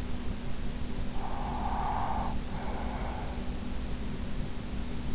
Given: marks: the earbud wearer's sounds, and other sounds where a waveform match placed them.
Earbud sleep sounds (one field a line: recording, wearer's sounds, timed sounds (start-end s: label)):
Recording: sounds in sleep by an in-ear microphone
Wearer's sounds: breath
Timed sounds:
1.00-3.72 s: breath